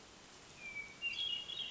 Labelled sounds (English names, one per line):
Hermit Thrush